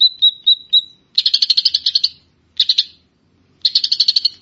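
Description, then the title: Grey-cheeked bulbul gives four quick whistled notes, then three buzzy, rattling bursts of rapid notes. "Kicau Burung Cucak Jenggot"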